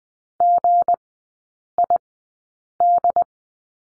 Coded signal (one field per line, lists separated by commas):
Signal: Morse code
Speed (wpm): 20 wpm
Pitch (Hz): 700 Hz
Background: none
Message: GID